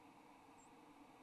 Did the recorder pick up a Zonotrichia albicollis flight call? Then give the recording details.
no. Another species' flight call is heard. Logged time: 01:19 on 29 November 2014